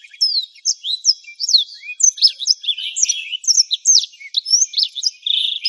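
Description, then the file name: Black-throated canary: an unbroken stream of thin, high chirps, slurred whistles and buzzy trills, delivered quickly and continuously. "suara burung blackthroat"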